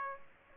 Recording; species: mosquito wingbeat signal from an infrared sensor; Aedes aegypti